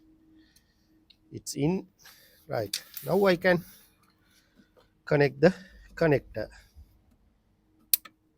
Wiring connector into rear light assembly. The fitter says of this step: You can heard click sounds.